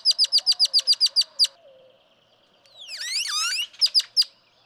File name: Great-tailed Grackle